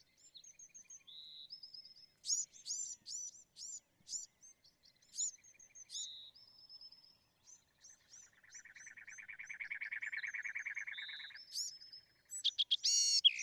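Bewick's wren singing: varied high chips and short whistles, a long lower buzzy trill for about three seconds, then sharp high notes.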